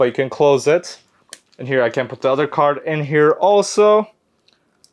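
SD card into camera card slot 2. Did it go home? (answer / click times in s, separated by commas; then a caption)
yes / 4.8 s. Someone talks while an SD card is pushed into the working second card slot of a Sony A7III/A7RIII mirrorless camera, after the first slot broke and no longer locks. Small faint ticks come near 4.5 s, then a sharper click at 4.8 s as the card latches and seats in the slot.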